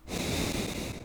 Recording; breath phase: one breath near a microphone; exhalation